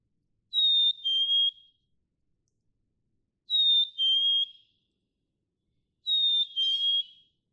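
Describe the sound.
Black-capped chickadee gives three evenly spaced whistled fee-bee songs, each a high note falling to a lower steady note, about every three seconds.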